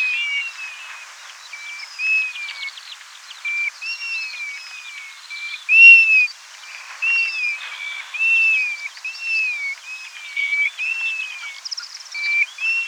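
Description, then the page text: European golden plover flight display call: plaintive whistled notes, some slurring up and others falling, repeated in a flowing run, one louder note near six seconds, with fainter higher whistles behind. "European Golden Plover Flight Display Call. Quick Sounds"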